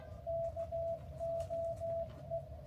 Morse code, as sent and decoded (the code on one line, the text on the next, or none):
-.- --- .
KOE